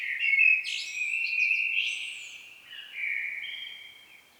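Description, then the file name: Common blackbird giving one long sustained phrase of steady mid-pitched warbling with brief high squeaky notes laid over it, fading out at the end. "Turdus merula"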